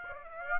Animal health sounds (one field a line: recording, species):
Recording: mosquito wingbeat signal from an infrared sensor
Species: Aedes aegypti